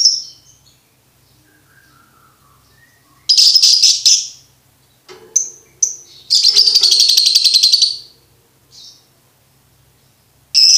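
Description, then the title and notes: Lovebird chattering song: a faint descending twitter, then dense bursts of high, buzzy chatter, each over a second long, separated by short pauses and single chirps. Training recording for birds to learn ngekek. "MASTERAN BURUNG 2. Belajar Ngekek. lofbet"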